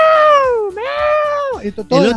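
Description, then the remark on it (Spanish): A man's voice lets out a long, rising and falling yowl like a meowing cat, then a shorter clipped cry and a final strained screech, mimicking a shrill martial arts battle scream. “Y el chabón cuando entrenaba nunca gritaba así.”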